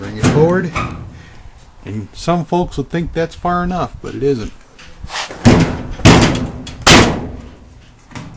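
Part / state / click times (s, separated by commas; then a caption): washer component onto its retaining clip / seated / 5.5 s, 6.1 s. Someone talks while a plastic part of a GE washing machine is pushed or struck firmly onto its retaining clip, with sharp snapping impacts at 5.5 s and 6.1 s. The part snaps into place on the clip and can no longer be pulled off by hand, fixing the washing machine.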